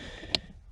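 On a 2004 Dodge Dakota, with the new pigtail connector plugged onto the blower motor resistor, the plastic safety clip (connector lock) on the harness plug is pushed home by hand. It gives one sharp click at 0.4 s over a faint background hum. The safety clip is seated and locked.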